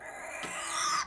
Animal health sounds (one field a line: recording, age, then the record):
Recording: pig call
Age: piglet (1 to 25 days)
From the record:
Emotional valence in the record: negative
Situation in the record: castration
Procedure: castration, cut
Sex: male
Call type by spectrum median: high-frequency call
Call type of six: high-frequency stable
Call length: 1.06 s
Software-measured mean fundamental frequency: 262 Hz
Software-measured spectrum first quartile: 1332 Hz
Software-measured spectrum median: 2662 Hz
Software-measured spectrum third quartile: 6031 Hz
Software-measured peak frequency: 1215 Hz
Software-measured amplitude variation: 99 dB a second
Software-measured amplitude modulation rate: 25.4 a second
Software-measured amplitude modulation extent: 3.9 dB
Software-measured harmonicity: 0.7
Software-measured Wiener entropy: -2.81